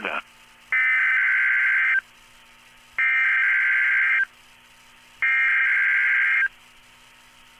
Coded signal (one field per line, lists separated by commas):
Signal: Emergency Alert System (SAME) tones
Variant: header bursts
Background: speech